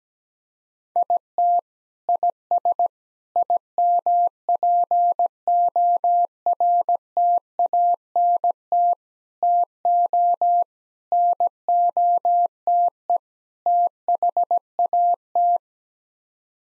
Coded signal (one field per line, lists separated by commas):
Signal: Morse code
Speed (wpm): 17 wpm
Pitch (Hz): 700 Hz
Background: none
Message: IT IS IMPORTANT TO NOTE THAT